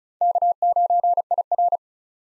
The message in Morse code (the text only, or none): K9IR